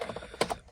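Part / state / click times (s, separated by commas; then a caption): wiring harness connector into instrument cluster / seated / 0.4 s. A wiring harness connector is pushed into the back of the instrument cluster on the dashboard of a 2003 Honda Element, the second and harder-to-push connector. Soft rustling handling noise comes first, then a sharp click at 0.4 s and a weaker follow-up tick about 0.1 s later, and the connector is seated.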